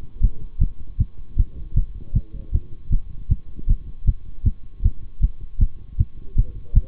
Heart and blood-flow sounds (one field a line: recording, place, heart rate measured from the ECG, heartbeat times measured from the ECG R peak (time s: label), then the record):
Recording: heart sounds by stethoscope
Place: between the tricuspid and mitral areas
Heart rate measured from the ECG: 156 bpm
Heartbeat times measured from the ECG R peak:
0.21 s: heartbeat
0.59 s: heartbeat
0.98 s: heartbeat
1.37 s: heartbeat
1.75 s: heartbeat
2.14 s: heartbeat
2.52 s: heartbeat
2.90 s: heartbeat
3.29 s: heartbeat
3.67 s: heartbeat
4.06 s: heartbeat
4.44 s: heartbeat
4.83 s: heartbeat
5.21 s: heartbeat
5.59 s: heartbeat
5.98 s: heartbeat
6.36 s: heartbeat
6.74 s: heartbeat
From the record:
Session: bicycle stress test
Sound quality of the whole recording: good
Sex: male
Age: 26 years